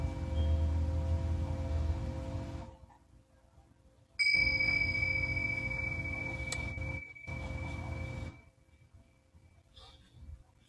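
A singing bowl rings with steady bright tones over a low rumble, falls silent near three seconds, then sounds again before fading.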